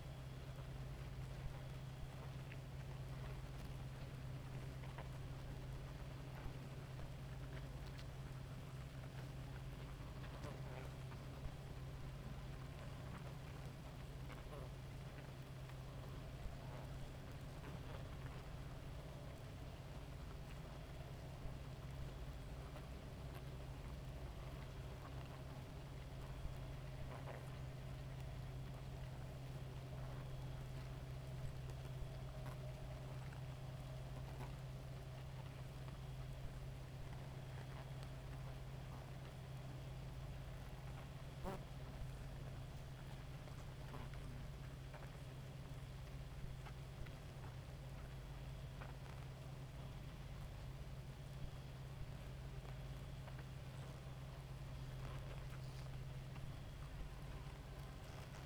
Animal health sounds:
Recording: honeybee colony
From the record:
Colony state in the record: active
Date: 28 July 2017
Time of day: 2:27

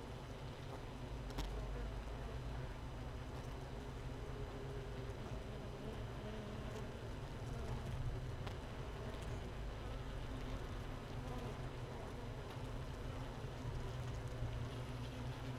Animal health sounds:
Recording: honeybee colony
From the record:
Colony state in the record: missing queen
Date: 31 May 2018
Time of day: 15:33

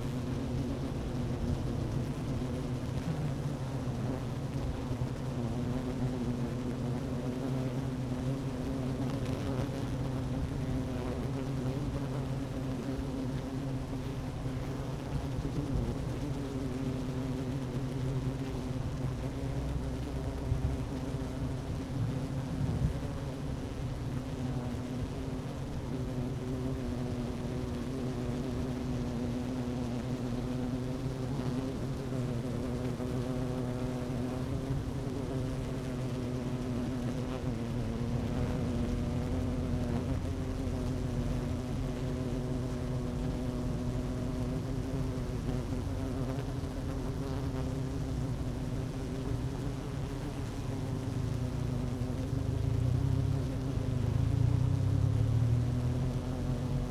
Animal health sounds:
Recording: honeybee colony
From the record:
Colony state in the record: active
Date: 12 June 2018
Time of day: 11:47

